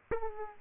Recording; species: mosquito wingbeat signal from an infrared sensor; Aedes aegypti